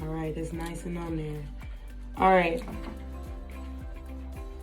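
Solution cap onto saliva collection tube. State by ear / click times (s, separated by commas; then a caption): not seated / none. The plastic cap of a saliva DNA collection tube is handled as it is pressed onto the tube. Someone talks over steady background music, and a brief louder burst comes near 2.3 seconds. Nothing has seated or clicked yet, and the blue stabilizing solution has not yet been released into the tube.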